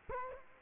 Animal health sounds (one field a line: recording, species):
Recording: mosquito wingbeat signal from an infrared sensor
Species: Culex quinquefasciatus